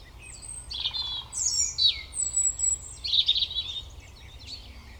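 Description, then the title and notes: European robin singing a continuous, rippling sequence of high whistles and quick trills, with sliding notes and fine rapid flourishes over a steady low rumble. Koniówka, Lesser Poland, Poland; Zoom F3 recorder with Usi Pro drop rig. "Koniówka, województwo małopolskie, Polska - Robin, King of the Petland. Recordist: Maciej Wirmański"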